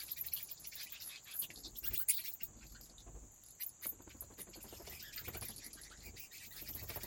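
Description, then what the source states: Bats flapping their wings in a nearly continuous soft fluttering patter that swells and fades, accompanied by a faint steady high whine. Bats flapping their wings in a cave habitat.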